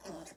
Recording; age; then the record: pig call; piglet (1 to 25 days)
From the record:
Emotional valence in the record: negative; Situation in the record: castration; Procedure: castration, cut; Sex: male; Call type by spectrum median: low-frequency call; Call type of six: mixed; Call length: 0.36 s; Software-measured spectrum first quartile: 447 Hz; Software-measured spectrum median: 1077 Hz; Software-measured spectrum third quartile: 5223 Hz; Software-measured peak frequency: 330 Hz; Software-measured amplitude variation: 136 dB a second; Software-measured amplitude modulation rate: 18.0 a second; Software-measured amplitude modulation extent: 7.6 dB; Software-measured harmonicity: 3.0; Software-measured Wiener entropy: -2.61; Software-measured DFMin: 712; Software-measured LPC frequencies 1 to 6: 596, 4997, 5694, 6708, 7580, 8841 Hz